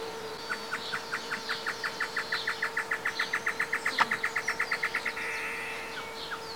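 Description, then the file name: Great antshrike song: a long run of short, even notes ending in a rough, buzzy snarl, over a constant hum. Male and female singing together; Esperanza; 11 January 2018. "Chororó-Macho-y-hembra-cantan Esperanza 11-01-2018"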